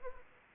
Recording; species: mosquito wingbeat signal from an infrared sensor; Anopheles arabiensis